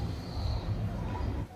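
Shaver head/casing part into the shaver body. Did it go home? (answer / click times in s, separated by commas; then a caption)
no / none. A shaver head/casing part is handled against the plastic body of a repaired shaver, with a steady low rumbling background and faint hiss that drops slightly near the end. No click is heard; the part has not seated yet.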